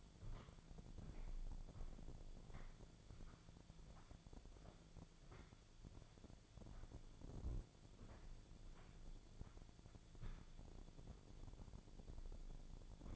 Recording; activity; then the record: daily activity, microphone in the room; walk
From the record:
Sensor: 5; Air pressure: 1008.4 hPa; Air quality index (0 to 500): 151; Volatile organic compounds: 3 ppm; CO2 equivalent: 1451 ppm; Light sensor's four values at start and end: 65/180/71/72 and 65/180/71/72